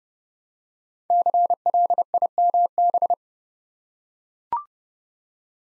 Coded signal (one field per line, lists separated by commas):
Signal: Morse code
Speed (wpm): 29 wpm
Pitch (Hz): 700 Hz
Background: none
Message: CLIMB